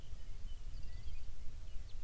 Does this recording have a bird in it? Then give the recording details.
yes. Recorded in the Arctic National Wildlife Refuge, Alaska, on 23 May 2019 at 05:18. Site 49